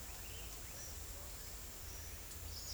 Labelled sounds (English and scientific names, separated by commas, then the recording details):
none
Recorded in secondary vegetation near Puerto Asís, Putumayo, Colombia, on 22 December 2024 at 08:00
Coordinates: 0.468, -76.324
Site G095